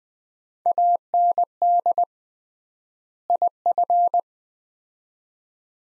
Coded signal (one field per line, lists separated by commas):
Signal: Morse code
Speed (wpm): 20 wpm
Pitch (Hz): 700 Hz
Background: none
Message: AND IF